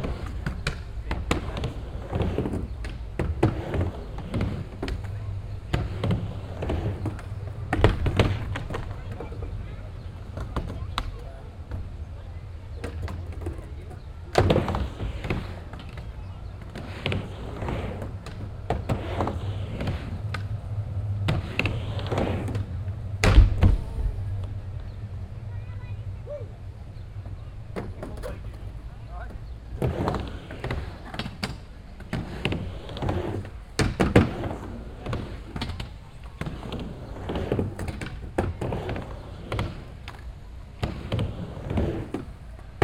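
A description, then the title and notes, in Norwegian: Skatepark with sharp clacks and thuds from boards at irregular moments, a steady low rumble of rolling wheels, and occasional voices. Spikersuppa, skatepark. Radio Aporee. Oslo.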